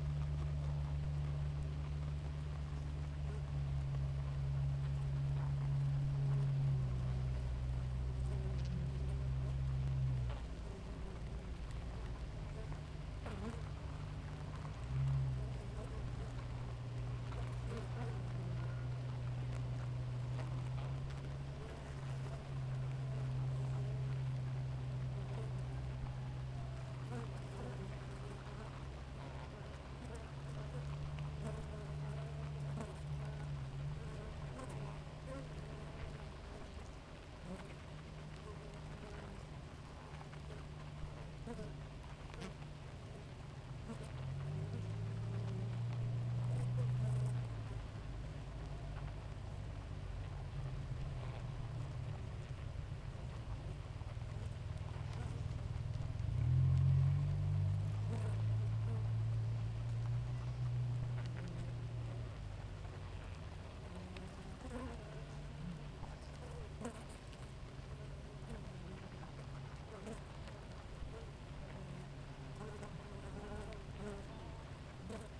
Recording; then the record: honeybee colony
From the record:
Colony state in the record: active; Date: 28 July 2017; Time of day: 5:00